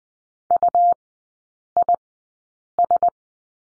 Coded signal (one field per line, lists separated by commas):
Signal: Morse code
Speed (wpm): 20 wpm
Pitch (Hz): 700 Hz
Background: none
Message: UIS